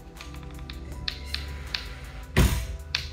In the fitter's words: этот уже затянул он уже начинает щёлкать